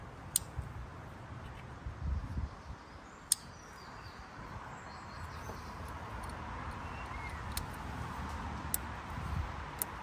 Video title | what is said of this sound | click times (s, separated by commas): Save money and do this | So, they're all back on. They're all clipped back in. | 0.4 s, 3.3 s, 8.7 s, 9.8 s